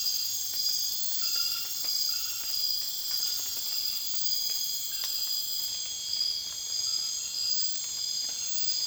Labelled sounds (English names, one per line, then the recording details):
none
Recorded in secondary vegetation near Puerto Asís, Putumayo, Colombia, on 19 June 2025 at 22:00
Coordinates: 0.485, -76.322
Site GP06